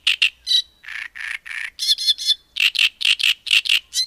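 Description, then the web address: Great reed warbler song, a short burst of harsh grating notes, many in pairs, with some lower croaks and higher squeaky notes. "agykontroll Madardalok Cd 3. Nádirigó"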